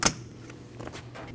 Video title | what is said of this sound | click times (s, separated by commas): How to Replace High Pressure Fuel Pump 2012-2021 Nissan NV2500 5.6L V8 | Plug in our mass airflow sensor. Listen for the click. | 0.1 s